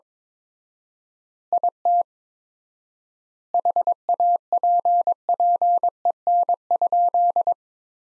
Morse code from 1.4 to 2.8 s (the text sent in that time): IT